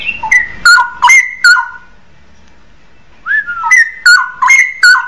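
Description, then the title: Oriental magpie-robin song: crisp whistled notes dropping in steps, repeated in rapid series, a pause of over a second, then the same stepped phrase again. "Kicau Kacer"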